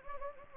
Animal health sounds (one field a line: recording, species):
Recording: mosquito wingbeat signal from an infrared sensor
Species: Anopheles gambiae